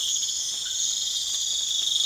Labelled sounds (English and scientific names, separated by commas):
none